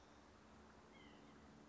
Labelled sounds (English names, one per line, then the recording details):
White-breasted Nuthatch
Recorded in Sonoma County, California